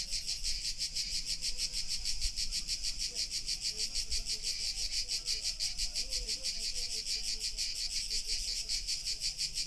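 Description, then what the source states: Crickets chirp: a dense, steady high pulsing chorus that keeps up without a break, with faint low rumble underneath. Crickets recorded in August.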